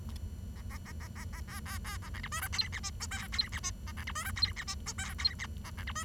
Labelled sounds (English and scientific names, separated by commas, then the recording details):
Bengalese Finch (Lonchura striata domestica) song
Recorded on 23 June 2012 at 10:09
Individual gr41rd51